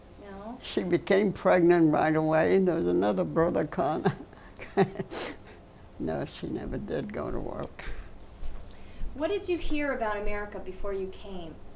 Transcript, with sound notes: No.
She became pregnant right away, and there was another brother come -- came. ( she laughs ) No, she never did go to work.
What did you hear about America before you came?